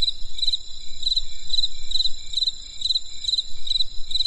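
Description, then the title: Insect chirps, quick pulsed bursts about every half second, steady throughout, over a shrill continuous insect drone. Insects calling on a winter night in the countryside. "There was a crisp sound of insects in the winter night."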